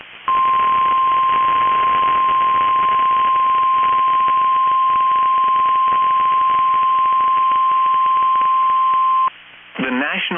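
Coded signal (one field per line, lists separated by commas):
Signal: Emergency Alert System (SAME) tones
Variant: 1050 Hz attention tone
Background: speech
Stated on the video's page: NOAA Weather Radio alerts for destructive storms in Minnesota.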